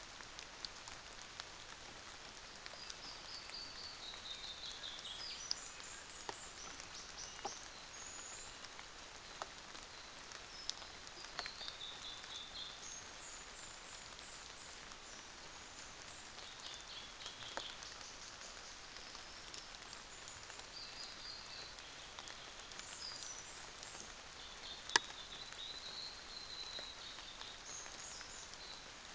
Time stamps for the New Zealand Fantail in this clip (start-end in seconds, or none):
4.70-6.76, 12.47-16.34, 17.69-18.84, 19.63-21.25, 22.67-24.26, 27.48-28.70